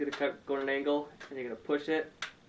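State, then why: Not seated. A man talks while a detachable box magazine for a Ruger Mini-14 rifle is handled and angled toward the rifle's magazine well, to be rocked in and pushed until it latches. Only the voice is clearly heard, with a brief faint knock near the end. Nothing has seated or clicked into place yet.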